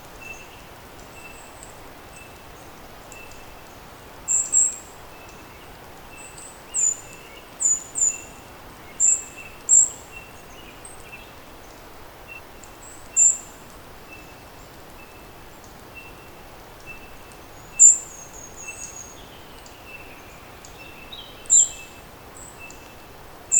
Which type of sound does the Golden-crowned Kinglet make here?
call